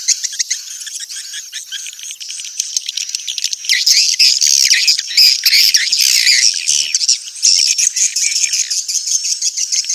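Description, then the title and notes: Swiftlet chirping calls: a dense, high-pitched twittering chorus with rapid clicky notes, growing louder and busier after the first few seconds. Sound used for swiftlet farming in Asia. "Swiflet Bird Sound. Farming Swiflet Bird asia sound"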